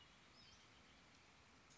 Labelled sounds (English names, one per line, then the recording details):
Western Flycatcher
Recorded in Sonoma County, California